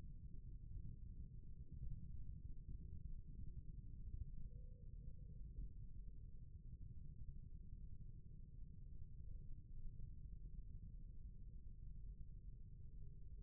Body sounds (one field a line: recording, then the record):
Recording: forearm muscle sounds (acoustic myography)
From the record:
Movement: rest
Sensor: system 1, eight BSWA MPA416 microphones around the upper forearm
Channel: 1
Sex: male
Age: 20 years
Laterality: left